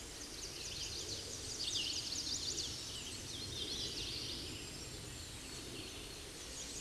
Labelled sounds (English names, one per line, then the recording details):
Chestnut-sided Warbler song
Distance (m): 35 m
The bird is about level with the microphone
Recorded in a Pennsylvania forest on 16 May 2024 at 08:50
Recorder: AudioMoth, point MSD-2040
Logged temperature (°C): 15.3 °C
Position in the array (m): 63 m, 176 m